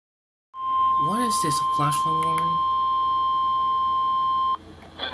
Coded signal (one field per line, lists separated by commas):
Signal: Emergency Alert System (SAME) tones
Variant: 1050 Hz attention tone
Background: speech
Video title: CHAOS ACROSS NEW ENGLAND! - EAS Alerts from 08/08/2023 (EAS #317-#325)